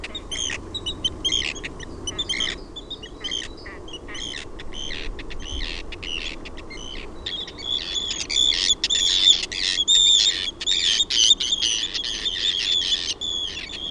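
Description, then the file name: Arctic tern calls, scattered sharp clicks and short harsh notes early on, building into a dense run of grating, repeated cries toward the end. "LAPINTIIRA"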